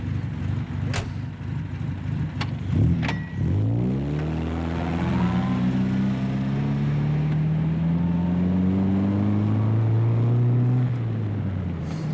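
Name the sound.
car driving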